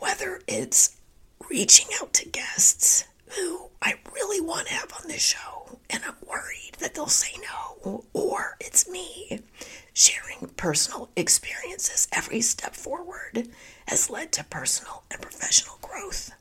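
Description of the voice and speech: Adult woman speaking with spasmodic dysphonia: the voice sounds like laryngitis, breathy and whispery with broken voicing, alternating with moments of clarity.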